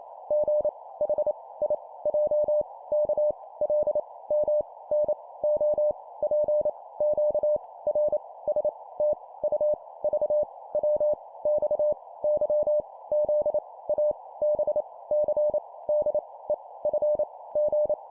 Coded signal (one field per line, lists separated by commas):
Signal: Morse code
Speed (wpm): 28 wpm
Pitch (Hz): 600 Hz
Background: none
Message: G H I J K L M N O P Q R S T U V W X Y Z A B C D E F G